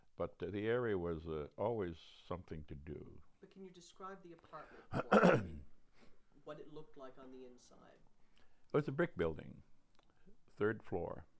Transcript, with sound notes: But the area was always something to do.
But can you describe the apartment for me? [clears throat] What it looked like on the inside.
Oh, it's a brick building, third floor.